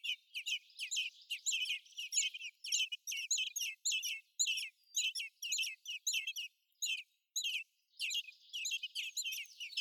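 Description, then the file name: Eurasian blackbird calls, a fast run of squeaky, chattering high notes about two a second, with brief pauses between bursts. "Turdus merula"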